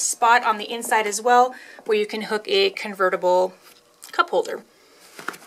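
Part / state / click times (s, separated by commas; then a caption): plastic cup holder into the side mount of a child car seat / seated / 5.3 s. A plastic convertible cup holder is hooked into a spot on the side of a Britax Advocate ClickTight child car seat (2016). Someone talks while handling it, then a soft lead-in sound comes at 5.2 seconds. The holder snaps into the seat with a sharp click at 5.3 seconds and is seated.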